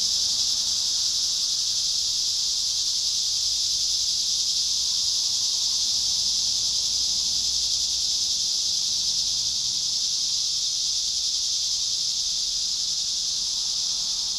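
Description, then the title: Steady shrill cicada chorus, a ceaseless high buzz with no rhythm or breaks across the recording. Cicadas at Trinity. "neoscenes: cicadas at Trinity"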